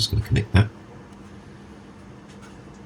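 Someone talks briefly while lining up a throttle cable connector to plug into the wiring harness connector of an electric dirt bike, turning it to get it the right way around. After the talking, only a low steady background hum remains. Nothing has seated or clicked yet.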